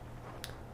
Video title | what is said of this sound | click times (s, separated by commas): How To Make A Summer Card Stephanie's Crafting Corner #176 Thursday June 29th 5PM/8PM EST | go oh it's like crooked hang on the magnets didn't snap hang on there we go | 0.4 s